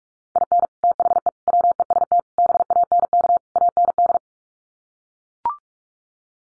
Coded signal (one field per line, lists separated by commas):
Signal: Morse code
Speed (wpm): 44 wpm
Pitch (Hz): 700 Hz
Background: none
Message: IN THE WEST BANK AND